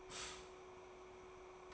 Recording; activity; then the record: daily activity, microphone in the room; stop toaster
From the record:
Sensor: 1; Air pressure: 1004.3 hPa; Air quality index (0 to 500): 202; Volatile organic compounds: 19 ppm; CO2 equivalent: 2672 ppm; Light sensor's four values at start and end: 5/13/4/5 and 5/13/4/5